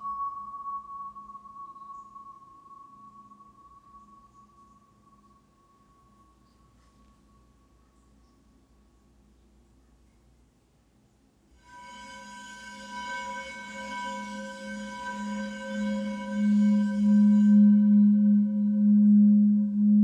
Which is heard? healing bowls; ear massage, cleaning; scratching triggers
healing bowls